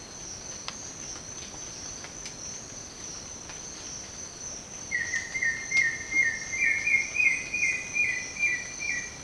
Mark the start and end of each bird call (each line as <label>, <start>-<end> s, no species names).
bird call, 4.91-9.14 s